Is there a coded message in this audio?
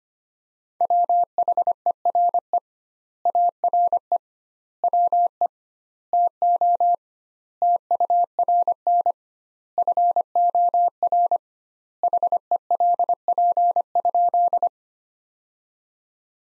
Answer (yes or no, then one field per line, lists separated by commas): yes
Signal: Morse code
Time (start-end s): 0.8-14.7 s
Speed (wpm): 25 wpm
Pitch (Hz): 700 Hz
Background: none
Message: WHERE ARE WE TO TURN FOR HELP?